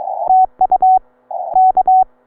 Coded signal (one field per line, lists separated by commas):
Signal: Morse code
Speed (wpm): 23 wpm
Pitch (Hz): 750 Hz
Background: none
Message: TU K